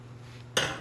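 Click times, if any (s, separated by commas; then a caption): none. The rubber spark plug boot is being handled onto a new spark plug, gapped between 32 and 35, on a Stihl MS250 chainsaw. A low steady hum gives way at about 0.6 s to a sudden, bright handling noise that fades out by the end. The boot has not clicked or seated yet.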